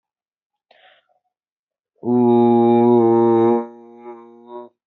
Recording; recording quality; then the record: sustained vowel as in boot; excellent, no background noise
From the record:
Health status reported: healthy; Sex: male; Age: 27 years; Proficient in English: yes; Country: India